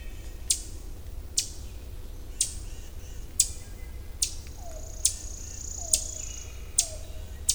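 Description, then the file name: Ovenbird chips, sharp high notes repeated about once a second, joined later by lower downslurred calls, with continuous low rumble behind. Chip calls recorded in Millington, Maryland, on 27 June 2010. "Ovenbird Chipping Millington MD 20100627"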